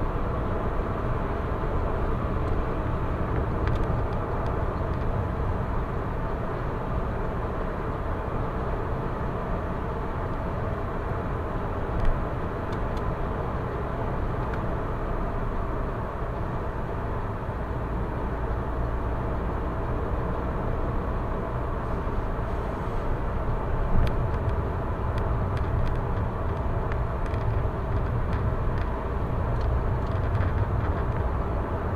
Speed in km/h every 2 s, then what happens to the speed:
109, 112, 113, 113, 113, 113, 113, 110, 103, 104, 106, 108, 108, 106, 106, 108.
0-12 steady at about 113. 12-16 slows to 103. 16-32 steady at about 106.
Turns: none.